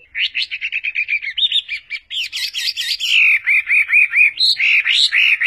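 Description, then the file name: Chinese hwamei singing rapid rich whistles, first a quick run of short notes, then a string of repeated downslurred phrases and rising whistles. Combination of song phrases (tembakan). "kombinasi tembakan huamei"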